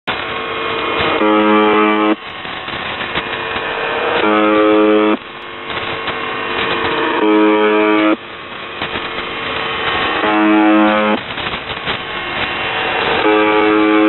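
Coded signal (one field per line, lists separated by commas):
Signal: channel marker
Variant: UVB-76 (The Buzzer)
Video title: UVB 76 4625 KHZ 14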